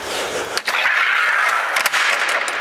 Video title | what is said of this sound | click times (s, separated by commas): AOR - Handover - Full Height trailers - Awning Set up & Pack up - 2020 | locked there now into position ready so that | 1.9 s